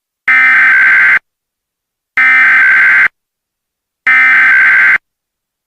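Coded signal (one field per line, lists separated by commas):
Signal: Emergency Alert System (SAME) tones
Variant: header bursts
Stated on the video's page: Mock child abduction EAS alert, simulated.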